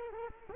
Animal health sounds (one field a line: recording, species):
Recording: mosquito wingbeat signal from an infrared sensor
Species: Culex quinquefasciatus